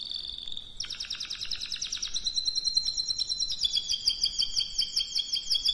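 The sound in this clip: Canary song: a short whistled note, then rapid pulsed trills to the end.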